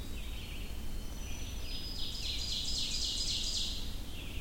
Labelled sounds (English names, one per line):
Ovenbird song